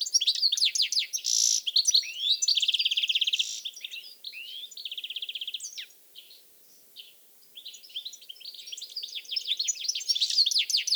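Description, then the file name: European goldfinch song, quick liquid twitters, a buzzy note and rolling trills, then a brief quiet gap before more twittering. "Carduelis carduelis"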